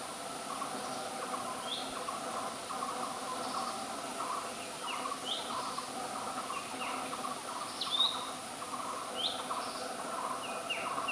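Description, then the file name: Chestnut-headed bee-eater giving short, sharp downslurred chirps, scattered irregularly over steady background noise. Recorded at Kaeng Krachan. "Merops leschenaulti - Kaeng Krachan"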